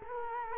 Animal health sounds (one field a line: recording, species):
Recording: mosquito wingbeat signal from an infrared sensor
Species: Culex quinquefasciatus